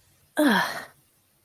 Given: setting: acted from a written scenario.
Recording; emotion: vocal sound without words; negative surprise